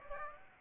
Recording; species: mosquito wingbeat signal from an infrared sensor; Aedes aegypti